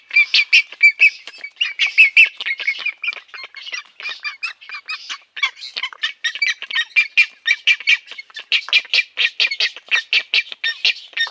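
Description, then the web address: Great egret nestlings producing harsh, clicking begging chatter in a continuous rattling stream. "Schulze Peter Great Egret nestlings"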